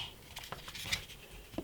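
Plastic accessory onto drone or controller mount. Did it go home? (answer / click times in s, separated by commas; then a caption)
yes / 0.9 s. A plastic accessory is slid onto its mount on a Hubsan X4 Pro H109s drone or its controller. A few faint taps and scrapes lead to a sharper snap at 0.9 s as it locks into place. It is seated.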